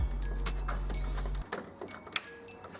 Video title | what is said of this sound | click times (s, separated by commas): How To Change A Fuser Unit on a Brother DCP-9020CDW | Start with the left connector first. Wait for the click in, and then the two on the right, the red and white connectors. | 2.2 s